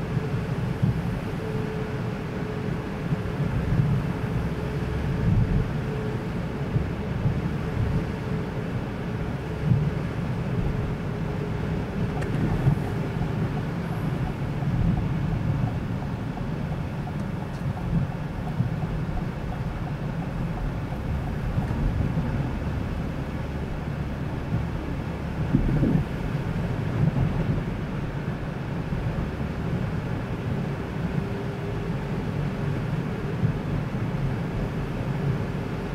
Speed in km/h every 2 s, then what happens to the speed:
53, 51, 52, 51, 51, 50, 46, 37, 22, 20, 21, 23, 17, 15, 13, 15, 19, 36.
0-11 steady at about 51. 11-16 brakes to 22. 16-22 steady at about 21. 22-27 slows to 13. 27-36 speeds up to 36.